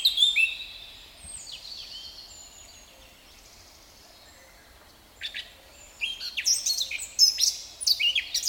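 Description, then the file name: Eurasian blackcap song: a phrase trailing off, a few seconds of near quiet, then a sudden burst of quick, high scratchy warbling. "Sylvia atricapilla"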